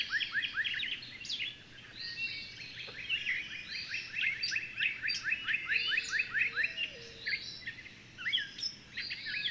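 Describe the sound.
Bird song: scattered rising chirps and mixed twittering, irregular in rhythm, with a brief low whistle.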